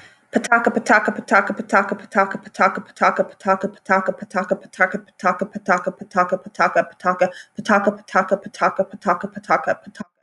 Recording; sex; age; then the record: repeated syllables /pa ta ka/; female; 30 to 39 years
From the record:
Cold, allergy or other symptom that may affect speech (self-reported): no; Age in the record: 31 years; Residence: Alabama, United States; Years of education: 12